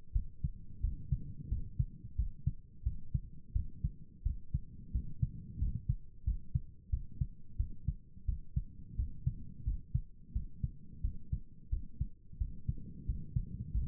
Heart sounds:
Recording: heart sounds by stethoscope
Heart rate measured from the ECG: 88 bpm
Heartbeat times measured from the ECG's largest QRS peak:
0.13 s: heartbeat
0.81 s: heartbeat
1.49 s: heartbeat
2.16 s: heartbeat
2.83 s: heartbeat
3.53 s: heartbeat
4.23 s: heartbeat
4.92 s: heartbeat
5.58 s: heartbeat
6.24 s: heartbeat
6.90 s: heartbeat
7.57 s: heartbeat
8.25 s: heartbeat
8.96 s: heartbeat
9.64 s: heartbeat
10.32 s: heartbeat
11.01 s: heartbeat
11.69 s: heartbeat
12.38 s: heartbeat
13.05 s: heartbeat
13.71 s: heartbeat
From the record:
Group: healthy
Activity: rest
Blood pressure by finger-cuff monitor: 105/75 mmHg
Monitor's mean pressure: 84 mmHg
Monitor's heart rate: 88 bpm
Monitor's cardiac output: 7.3 L/min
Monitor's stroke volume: 82 mL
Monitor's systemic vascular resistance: 850 dyn s/cm5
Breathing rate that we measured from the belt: 16 breaths a minute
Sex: male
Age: 19 years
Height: 178 cm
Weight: 83 kg

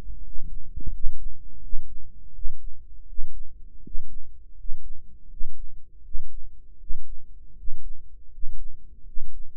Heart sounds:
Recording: heart sounds by microphone in the right ear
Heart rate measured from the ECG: 82 bpm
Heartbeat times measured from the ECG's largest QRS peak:
0.23 s: heartbeat
0.92 s: heartbeat
1.62 s: heartbeat
2.34 s: heartbeat
3.07 s: heartbeat
3.83 s: heartbeat
4.57 s: heartbeat
5.29 s: heartbeat
6.03 s: heartbeat
6.79 s: heartbeat
7.56 s: heartbeat
8.31 s: heartbeat
9.05 s: heartbeat
From the record:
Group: healthy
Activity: rest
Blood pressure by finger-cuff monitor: 105/61 mmHg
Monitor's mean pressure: 70 mmHg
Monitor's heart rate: 82 bpm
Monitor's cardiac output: 7.2 L/min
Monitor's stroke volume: 87 mL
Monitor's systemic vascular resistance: 700 dyn s/cm5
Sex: male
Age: 35 years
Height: 180 cm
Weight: 86.9 kg

